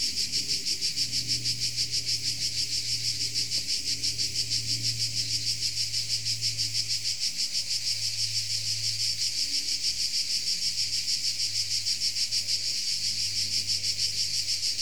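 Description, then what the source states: Insect chorus, a steady high pulsating buzz roughly three beats a second, accompanied by a wavering low drone in the background. Insects recorded in Tuscany.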